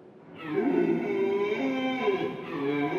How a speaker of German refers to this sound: Ende August. Ich saß an der alten Eiche im Wald am Rübenschlag von Meyer-Hollenstedt. Hier schräg rüber. Da hörte ich plötzlich was grunzen.